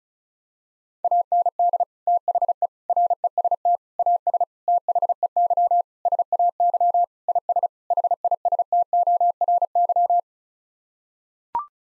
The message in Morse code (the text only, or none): AND THE REST AS THEY SAY IS HISTORY